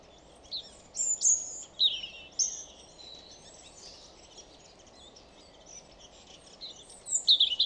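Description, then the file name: European robin giving scattered high, thin whistled notes and brief warbles, ending in a quick tinkling phrase, against a steady low rumbling background noise. "Erithacus rubecula"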